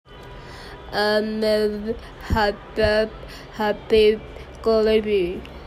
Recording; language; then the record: elicited speech; Bengali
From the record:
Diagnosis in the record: Broca's or global aphasia after a stroke